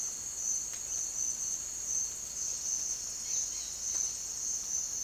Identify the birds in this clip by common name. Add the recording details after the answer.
Dusky-headed Parakeet. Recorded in secondary vegetation near Puerto Asís, Putumayo, Colombia, on 25 June 2025 at 08:30. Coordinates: 0.499, -76.323. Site G077